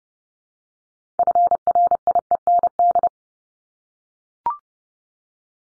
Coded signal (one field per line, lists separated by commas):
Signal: Morse code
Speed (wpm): 30 wpm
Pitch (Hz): 700 Hz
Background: none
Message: FRIEND